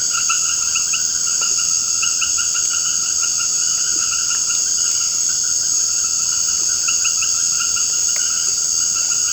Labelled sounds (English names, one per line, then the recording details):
none
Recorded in secondary vegetation near Puerto Asís, Putumayo, Colombia, on 24 March 2025 at 19:00
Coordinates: 0.488, -76.319
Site G095